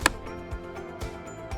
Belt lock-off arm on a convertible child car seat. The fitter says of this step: close the SnugLock lock off until you hear a click.